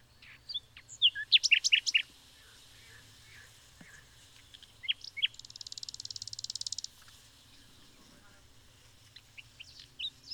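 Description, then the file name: Common nightingale song: a burst of sharp, varied chirps, a second short phrase, then a fast buzzy rattle of repeated notes lasting about one and a half seconds, followed by scattered soft notes. "Luscinia megarhynchos"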